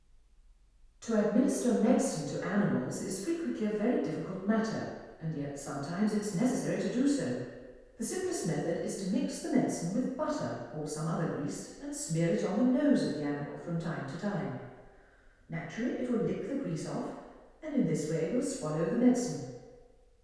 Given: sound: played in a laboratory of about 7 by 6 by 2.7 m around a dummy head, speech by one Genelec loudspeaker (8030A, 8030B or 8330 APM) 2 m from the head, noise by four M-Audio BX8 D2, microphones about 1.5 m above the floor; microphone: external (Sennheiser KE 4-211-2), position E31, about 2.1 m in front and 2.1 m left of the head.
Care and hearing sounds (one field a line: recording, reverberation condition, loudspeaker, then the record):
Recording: female speech in English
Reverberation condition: high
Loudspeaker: 150 degrees to the left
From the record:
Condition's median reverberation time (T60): about 1300 ms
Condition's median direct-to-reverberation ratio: about -4.0 dB